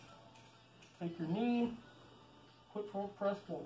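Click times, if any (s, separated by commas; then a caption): none. A drop-front seat is being worked into a booth frame, pressed forward with a knee and pulled back toward the booth back. Someone talks over a low steady hum, and nothing has seated or clicked yet.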